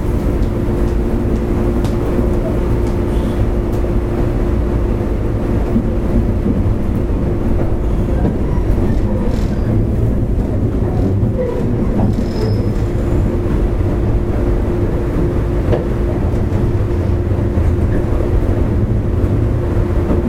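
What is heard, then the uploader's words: A JR West 103 series local train running on the Hanwa Line, a steady low rumble and rattle of wheels that holds level for the whole stretch. A constant mid-pitched whine sits over the roar, with faint scattered clicks and a brief high squeal near the middle. JR西日本 103系電車の走行音です。 阪和線の普通列車で録音しました。 区間は、鶴ヶ丘から堺市までです。 Running sound of JR WEST 103 series train. A local train on the Hanwa Line.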